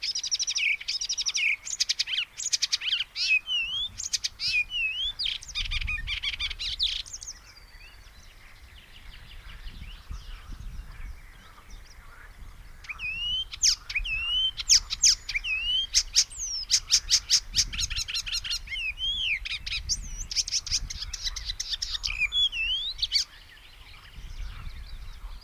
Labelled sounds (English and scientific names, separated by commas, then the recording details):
Icterine Warbler (Hippolais icterina) song
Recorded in the wild
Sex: male
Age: adult
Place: Möhrendorf, Bayern, DE
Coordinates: 49.6361, 10.9861
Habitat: pond
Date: 1962-05-13
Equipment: Original, Vollspur
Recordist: Tretzel, Erwin